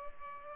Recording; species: mosquito wingbeat signal from an infrared sensor; Culex pipiens